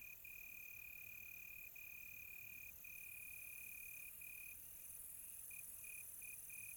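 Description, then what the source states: Crickets trilling in long continuous bands at two steady pitches, broken by occasional brief gaps, with a faint higher shimmer joining near the end. Several crickets on a quiet tropical night, recorded close.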